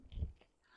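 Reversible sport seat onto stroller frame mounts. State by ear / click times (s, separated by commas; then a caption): seated / 0.1 s. A reversible sport seat of an FX4 Style Set stroller is turned around and set onto the stroller frame's mounting adapters. It clicks at 0.1 s, followed by a brief low thump of the seat settling. The seat locks firmly into the frame.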